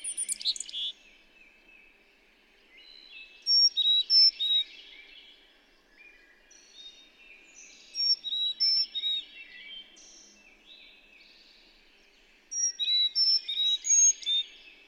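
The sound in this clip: Carolina chickadee calling in four bursts about four seconds apart, each mixing thin high whistled notes with rapid buzzy lower notes.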